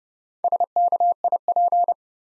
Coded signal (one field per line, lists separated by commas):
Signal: Morse code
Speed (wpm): 30 wpm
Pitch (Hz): 700 Hz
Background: none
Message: SKIP